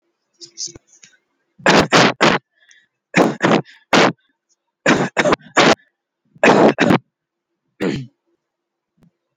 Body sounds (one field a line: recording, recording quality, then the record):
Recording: shallow voluntary cough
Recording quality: poor, much background noise or distortion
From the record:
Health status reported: healthy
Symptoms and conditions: none ticked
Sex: male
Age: 25 years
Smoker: not ticked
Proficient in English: yes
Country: India